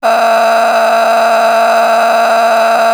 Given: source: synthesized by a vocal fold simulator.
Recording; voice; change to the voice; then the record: sustained vowel; female; a random mix of aspiration noise, stiffness perturbation and strain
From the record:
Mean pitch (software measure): 228 Hz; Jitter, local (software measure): 3.90%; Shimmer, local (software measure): 12.3%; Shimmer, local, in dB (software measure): 1.13 dB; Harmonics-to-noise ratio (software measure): 7.9 dB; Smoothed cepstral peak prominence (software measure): 9.3 dB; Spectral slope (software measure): -16.6 dB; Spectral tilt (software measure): -8.9 dB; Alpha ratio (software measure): -7.1 dB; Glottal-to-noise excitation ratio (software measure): 0.843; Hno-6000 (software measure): 1.7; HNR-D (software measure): 28.0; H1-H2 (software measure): -4.0 dB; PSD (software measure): 1.7e-04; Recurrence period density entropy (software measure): 0.131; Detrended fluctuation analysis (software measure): 0.0106